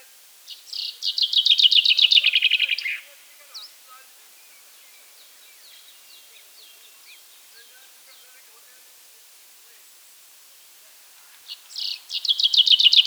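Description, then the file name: Common chaffinch singing a rattling, descending trill that closes with a quick flourish; faint scattered bird notes fill the pause until another phrase starts near the end. "Fringilla coelebs"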